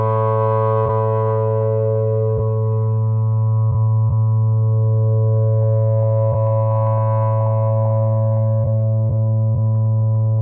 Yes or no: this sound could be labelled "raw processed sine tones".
yes